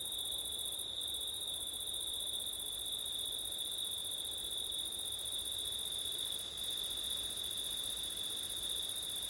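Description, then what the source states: Crickets giving a constant high-pitched trill, the topmost buzz briefly breaking off twice. Crickets recorded on a September night with wind; ortif (ORTF) microphone setup.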